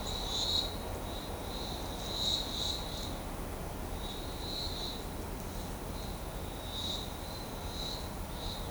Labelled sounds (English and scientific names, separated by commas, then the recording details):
none
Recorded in shrubland near Pivijay, Magdalena, Colombia, on 18 April 2023 at 16:00
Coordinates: 10.453, -74.365
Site P5-G022